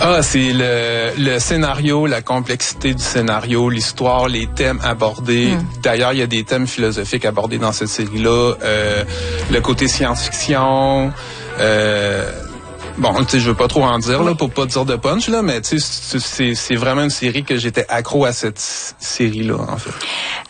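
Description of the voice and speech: A 47-year-old man speaking French in a radio interview, with stuttering: repeated syllables and drawn-out sounds break up his otherwise fluent speech. His stutter is hereditary and neurodevelopmental. It has lessened greatly since age 15 but persists.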